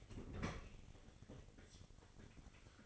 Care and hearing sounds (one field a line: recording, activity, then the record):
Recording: daily activity, microphone in the room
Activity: open fridge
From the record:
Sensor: 4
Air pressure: 996.0 hPa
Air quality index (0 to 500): 62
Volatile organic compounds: 2 ppm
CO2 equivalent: 1109 ppm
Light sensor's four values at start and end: 16/43/16/18 and 15/41/15/17